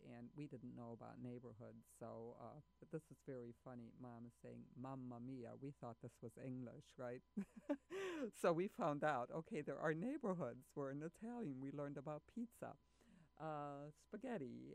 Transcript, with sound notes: And we didn't know about neighborhoods so -- but this is very funny. Momma saying, ' Mama mia .' We thought this was English, right? [Laughs] So we found out, okay, there are neighborhoods were in Italian. We learned about pizza, spaghetti